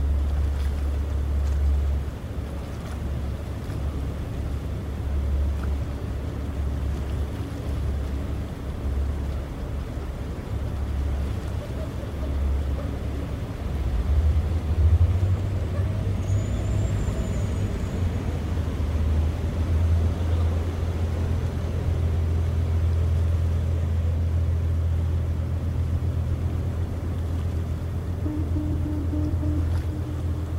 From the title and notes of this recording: Sydney Harbour. Recorded LIVE between the Harbour Bridge and the iconic Opera House as night falls on Australia’s most well-known place, known as the Emerald City.